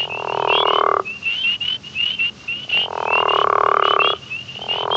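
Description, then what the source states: Frog calling in long droning croaks, with a series of higher chirping notes running continuously above. Frog of the family Ranidae.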